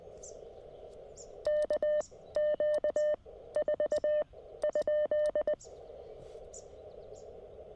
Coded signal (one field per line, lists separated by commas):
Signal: Morse code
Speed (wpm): 19 wpm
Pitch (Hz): 590 Hz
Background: none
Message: KQ4 ?